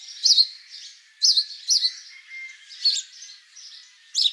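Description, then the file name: House sparrow chirping calls, short bright chirps in irregular bursts, some paired, with quieter chatter between them. "Passer domesticus"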